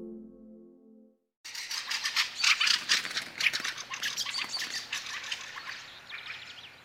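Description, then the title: Fieldfare breaking into loud, grating chak-chak chatter after a brief low tonal sound and a moment of silence, calls tumbling rapidly and irregularly, then fading slightly. "Räkättirastas"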